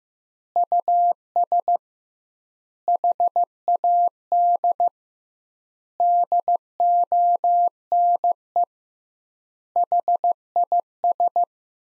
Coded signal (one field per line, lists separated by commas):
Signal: Morse code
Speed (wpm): 15 wpm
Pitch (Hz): 700 Hz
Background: none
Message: US HAD DONE HIS